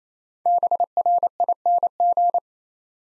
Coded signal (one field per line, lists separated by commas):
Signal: Morse code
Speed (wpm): 28 wpm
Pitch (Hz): 700 Hz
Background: none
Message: BRING